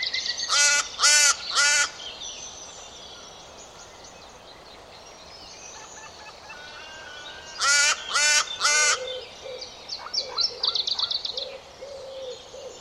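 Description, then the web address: Bird giving harsh, harmonic cawing calls in two bursts of three, each call about half a second apart, with thin chirps and twitters from other birds behind. "Bird Only"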